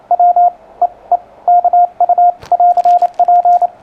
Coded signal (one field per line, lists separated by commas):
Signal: Morse code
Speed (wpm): 29 wpm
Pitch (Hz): 710 Hz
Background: radio noise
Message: WEEKU <AR>P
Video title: Correção Rápida e Fácil para Seus CW